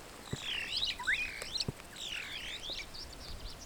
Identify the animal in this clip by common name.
Superb Starling